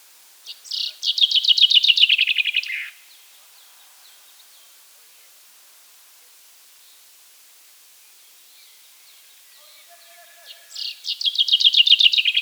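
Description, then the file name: Common chaffinch song: a bright phrase of rapid, descending notes ending in a flourish, then a second phrase begins about eight seconds later. "Fringilla coelebs"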